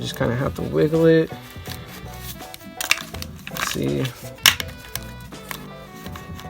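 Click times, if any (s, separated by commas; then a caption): 4.5 s. Someone talks over background music while wiggling the plastic vertical-adjustment cradle of a Bell Stratus bicycle helmet's retention system into one of the four mounting slots in the helmet shell. Several small plastic taps and rattles lead up to a sharp click at 4.5 s, when the cradle clips in and is seated.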